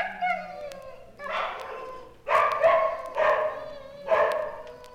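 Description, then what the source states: Dog barks in short harsh bursts about once a second. Dogs in a dog pound.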